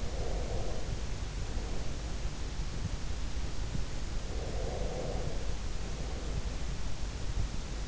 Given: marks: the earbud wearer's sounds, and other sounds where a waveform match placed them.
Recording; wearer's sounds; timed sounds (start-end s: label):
sounds in sleep by an in-ear microphone; breath
0.00-2.20 s: breath
4.28-6.56 s: breath